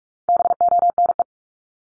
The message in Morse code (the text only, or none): BONE